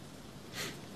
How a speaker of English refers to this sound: Still raining